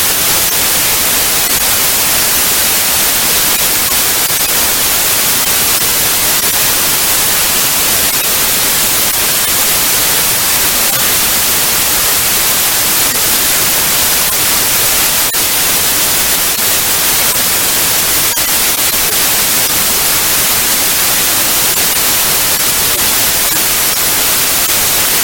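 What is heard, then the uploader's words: A continuous stream of white noise runs unchanged for the whole clip, a dense, even hiss that is brightest in the upper range and thinner in the lows. There are no events or breaks, only a few faint flickers in the steady wash. A continuous stream of white noise.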